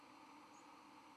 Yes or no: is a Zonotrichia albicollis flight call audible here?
no